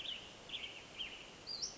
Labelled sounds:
Western Flycatcher
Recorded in Sonoma County, California

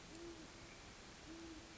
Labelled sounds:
Great Horned Owl
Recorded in Sonoma County, California

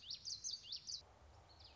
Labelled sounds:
Common Yellowthroat
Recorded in Sonoma County, California

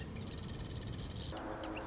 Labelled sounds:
Marsh Wren
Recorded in Sonoma County, California

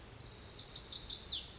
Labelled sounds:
Lazuli Bunting
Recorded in Sonoma County, California

